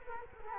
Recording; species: mosquito wingbeat signal from an infrared sensor; Culex quinquefasciatus